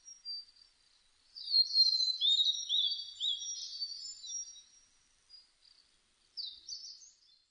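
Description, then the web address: Blue-and-white flycatcher song: a high, rapid warbling phrase of slurred whistled notes lasting several seconds, then a few short notes and a fresh phrase beginning near the end. Recorded on 1 May 2005. "2005 050501 ooruri"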